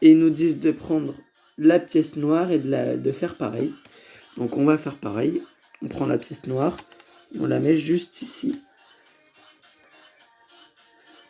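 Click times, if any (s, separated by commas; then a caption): 10.5 s. Someone talks for the first eight and a half seconds while a black plastic brick is placed onto a Lego Ferrari F40 brick car model and pressed down. After a quiet pause, a short, sharp click at 10.5 s marks the brick snapping into place, seated and fitting together perfectly.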